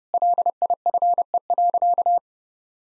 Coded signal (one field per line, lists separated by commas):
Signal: Morse code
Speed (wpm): 32 wpm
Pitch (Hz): 700 Hz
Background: none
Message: LIFE.